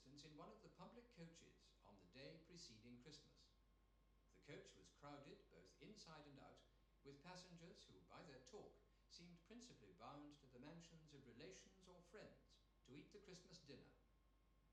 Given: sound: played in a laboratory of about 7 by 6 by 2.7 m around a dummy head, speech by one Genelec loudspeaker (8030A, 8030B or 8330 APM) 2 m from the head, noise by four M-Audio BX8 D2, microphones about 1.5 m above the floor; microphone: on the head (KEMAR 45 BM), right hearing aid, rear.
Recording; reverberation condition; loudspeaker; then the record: male speech in English; medium; 30 degrees to the right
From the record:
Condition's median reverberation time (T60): about 510 ms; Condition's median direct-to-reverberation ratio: about -0.5 dB